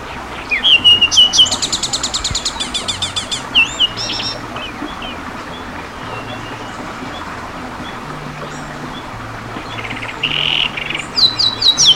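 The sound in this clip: Bird calls: bursts of rapid, high buzzy chirps with a few clear whistled notes, a quiet gap in the middle, then more chirping near the end.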